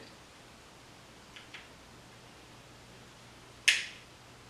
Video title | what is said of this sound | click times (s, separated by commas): IRay MH25 Eye Piece Upgrade Installation | that click means that we're we're flat on our threads we're not gonna cross thread it | 3.7 s